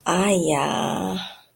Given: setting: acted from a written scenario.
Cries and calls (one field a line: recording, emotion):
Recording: vocal sound without words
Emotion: embarrassment